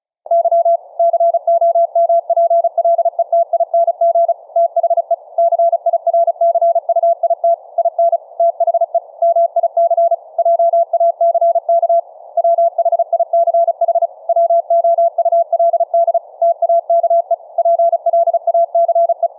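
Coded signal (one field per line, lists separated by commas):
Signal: Morse code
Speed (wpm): 36 wpm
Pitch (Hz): 680 Hz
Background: none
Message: Y COMPLETING THE CIRCUIT IN THE MIC JACK WHICH WOULD TAKE PLACE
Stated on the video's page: CW audio tones sent by Linux software over FRS two-way radios via the mic jack, with an audio-derived PTT keying circuit for hands-free transmit.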